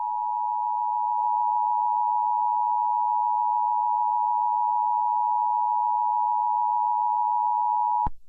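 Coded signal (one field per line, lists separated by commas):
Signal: Emergency Alert System (SAME) tones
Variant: 853 and 960 Hz attention tone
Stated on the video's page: Fictional EAS scenario made with Audacity.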